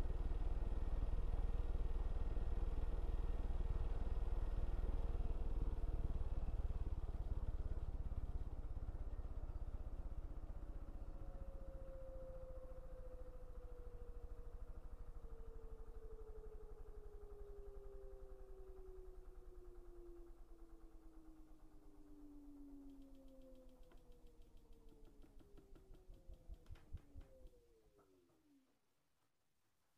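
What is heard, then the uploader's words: A laundry washing machine runs with a heavy, steady low rumble for the first several seconds. The motor then settles into a whine that slowly glides downward in pitch as the drum winds down, ending in a few rattling clicks before stopping just before the end. Laundry Washing Machine White Noise. The sound of a laundry washing machine as it washes away the dirt and grime of your clothes. The sound of a white noise hum.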